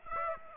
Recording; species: mosquito wingbeat signal from an infrared sensor; Aedes aegypti